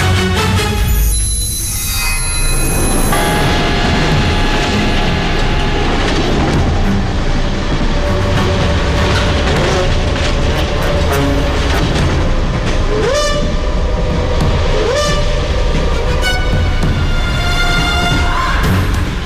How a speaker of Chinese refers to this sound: 1933年3月，一列火车开到黑龙江省佳木斯附近的永丰镇，车上载着的是大批即将出嫁的年轻日本女子。